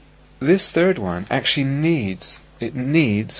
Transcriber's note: none